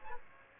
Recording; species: mosquito wingbeat signal from an infrared sensor; Aedes aegypti